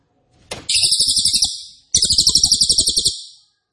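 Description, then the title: Cililin song: two bursts of shrill, rapid, densely pulsed trilling, separated by a short break. Loud, dense rapid-fire song style ('nembak keras dan rapat'), used as a favourite training recording (masteran) for oriental magpie-robin, leafbird and white-rumped shama. "Cililin NEMBAK KERAS dan RAPAT masteran murai batu cucak ijo dan kacer"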